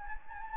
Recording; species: mosquito wingbeat signal from an infrared sensor; Anopheles gambiae